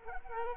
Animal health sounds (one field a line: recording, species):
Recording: mosquito wingbeat signal from an infrared sensor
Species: Culex quinquefasciatus